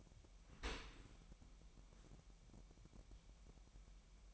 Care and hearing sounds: daily activity, microphone in the room; open dishwasher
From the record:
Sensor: 1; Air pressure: 998.4 hPa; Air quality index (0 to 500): 138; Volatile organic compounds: 4 ppm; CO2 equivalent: 1652 ppm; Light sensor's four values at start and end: 16/55/22/22 and 16/55/22/22

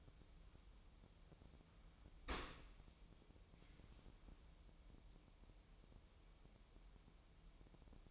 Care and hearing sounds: daily activity, microphone in the room; open dishwasher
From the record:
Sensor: 1

